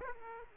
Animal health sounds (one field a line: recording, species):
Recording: mosquito wingbeat signal from an infrared sensor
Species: Aedes aegypti